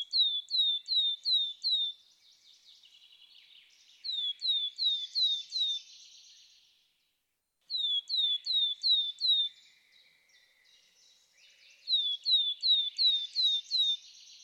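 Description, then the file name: Willow tit singing clear, down-slurred whistled notes in rapid runs of five or six, with four such phrases separated by pauses over a quiet background. "Weidenmeise"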